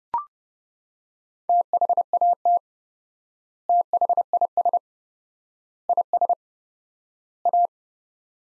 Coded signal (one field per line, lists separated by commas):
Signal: Morse code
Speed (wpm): 32 wpm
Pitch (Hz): 700 Hz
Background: none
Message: THAT THIS IS A